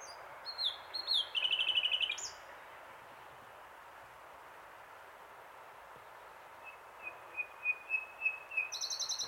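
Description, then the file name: Common nightingale song: rapid high chips and a sweeping trill at the start, a quiet pause, then soft repeated notes building into a fast high rattle. "Luscinia megarhynchos"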